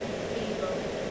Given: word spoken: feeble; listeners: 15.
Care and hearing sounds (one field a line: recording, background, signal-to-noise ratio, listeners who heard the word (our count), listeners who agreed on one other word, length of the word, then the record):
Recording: one English word in noise, from a listening test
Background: speech-shaped noise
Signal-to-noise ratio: -4.7 dB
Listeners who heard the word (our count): 6 of 15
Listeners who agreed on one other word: 6 of 15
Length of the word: 0.71 s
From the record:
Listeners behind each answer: 6, 6, 2, 1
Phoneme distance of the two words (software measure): 17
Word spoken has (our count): 2 syllables, 4 phonemes, stress on syllable 1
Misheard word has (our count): 2 syllables, 3 phonemes, stress on syllable 1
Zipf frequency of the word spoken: 3.16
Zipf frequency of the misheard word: 4.45